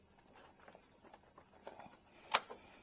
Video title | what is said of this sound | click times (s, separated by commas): How to, Toyota Tundra Headlight Replacement & Upgrade to LED Super Bright Bulbs Model Year 2014-2021 | it's almost like a vacuum seal you'll feel it kind of Click into place okay | 2.4 s